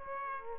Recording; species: mosquito wingbeat signal from an infrared sensor; Aedes aegypti